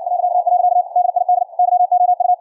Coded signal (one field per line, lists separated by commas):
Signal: Morse code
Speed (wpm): 64 wpm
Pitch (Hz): 720 Hz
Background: none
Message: .. DID YOU